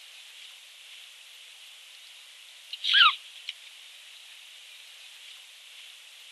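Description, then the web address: Giant otter pup giving a single short harmonic scream that falls in pitch, over a steady background hiss. "zvucite na golamata vidra kraskt na edno pile"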